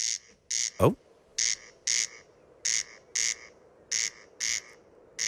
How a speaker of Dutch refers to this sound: Maar deze, eigenlijk hoor je het al, het is een, in het Latijn, dus de Latijnse benaming van deze soort, de kwartelkoning. Hij is een Latijnse onomatopee.